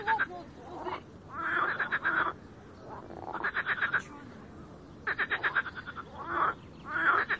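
Frog calls as rattling, pulsed croaks in several bursts separated by quieter pauses.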